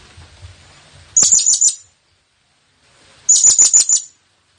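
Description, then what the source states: Blue-crowned hanging parrot calls: two short bursts of rapid, shrill, high-pitched notes about two seconds apart, with soft low rumbling before the first. Presented as an effective lure call for attracting the bird; local name serindit.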